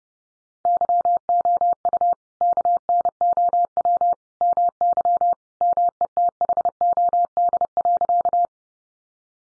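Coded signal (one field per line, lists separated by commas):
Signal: Morse code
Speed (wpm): 30 wpm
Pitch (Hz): 700 Hz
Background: none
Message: YOU KNOW MY METHOD.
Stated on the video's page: Head-copy drill of sentences built from the top 600 words in Morse at 30 wpm, each sent, spoken, then sent again.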